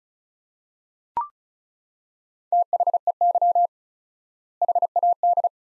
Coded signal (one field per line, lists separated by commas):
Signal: Morse code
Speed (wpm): 36 wpm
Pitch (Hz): 700 Hz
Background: none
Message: THEY HAD